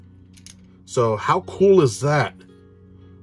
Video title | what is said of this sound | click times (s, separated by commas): Unboxing The Star Wars Micro Galaxy Squadron V-Wing Starfighter 2023 | forward and lock into place | 0.4 s, 0.5 s